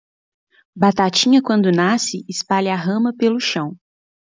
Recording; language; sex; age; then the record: short text; Brazilian Portuguese; female; 30 to 39 years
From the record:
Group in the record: control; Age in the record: 36 years